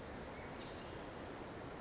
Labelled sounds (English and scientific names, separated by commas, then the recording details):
Pacific Wren (Troglodytes pacificus)
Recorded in Sonoma County, California